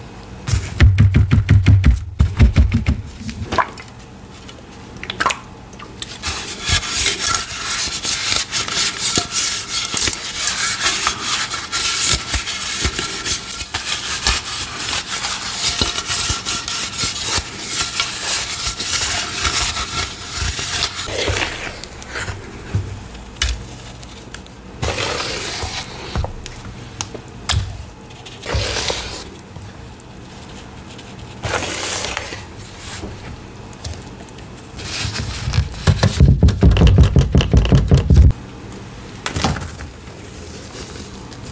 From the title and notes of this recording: Reforming my Black Hydrophobic Mixes + Black Cornstarch Crunchies. Water pouring sounds, ASMR paste play, recycled gym chalk powder.